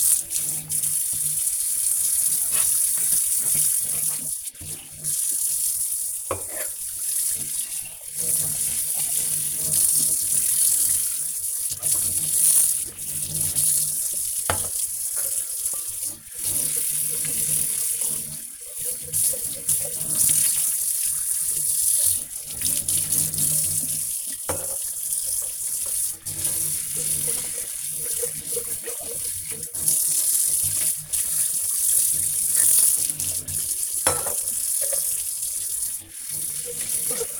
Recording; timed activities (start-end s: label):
household activities, microphone on the right wrist
0.00-37.40 s: washing dishes